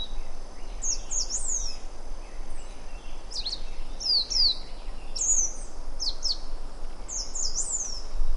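White-naped brushfinch giving thin, high-pitched slurred notes, some rising and some falling, in short clusters over a steady loud rumbling background noise.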